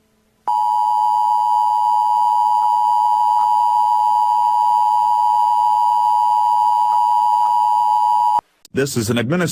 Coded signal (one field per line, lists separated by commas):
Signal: Emergency Alert System (SAME) tones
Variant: 853 and 960 Hz attention tone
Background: speech